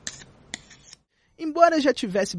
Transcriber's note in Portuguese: áudio depilando um kiwi